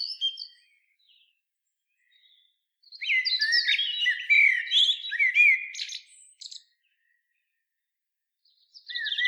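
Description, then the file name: Common blackbird delivering a long, varied song phrase of clear fluted whistles mixed with squeaky, scratchy notes, with brief high chirps before and after. "Turdus merula"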